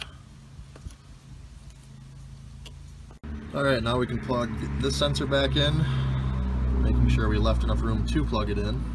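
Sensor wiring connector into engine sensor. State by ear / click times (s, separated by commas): not seated / none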